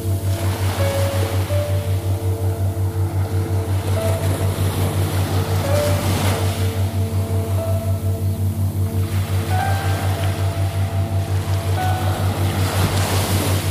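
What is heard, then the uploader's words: Binaural beat tones hum steadily, with a strong low drone that throbs in a fast, even pulse beneath sustained higher tones. Soft, gliding notes appear now and then, while a wash of ocean surf swells and recedes every few seconds in the background. Sonic Water Waves: Binaural Beats Theta. Binaural beats and Theta brainwaves.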